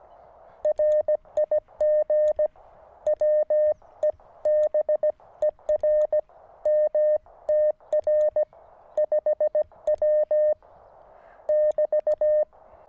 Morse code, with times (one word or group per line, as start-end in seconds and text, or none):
0.6-2.5 RIG
3.1-6.2 WEBER
6.7-8.4 MTR
9.0-10.5 5W
11.5-12.4 <BT>